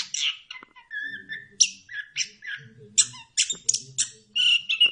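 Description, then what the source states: Bird song with bright chirps and short whistled notes in quick succession. Bird chirping song meant for training pet birds.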